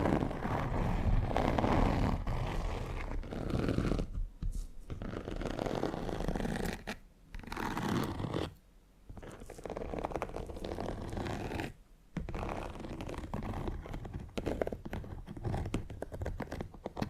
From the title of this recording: Needle Fingers & Textured Leather Scratching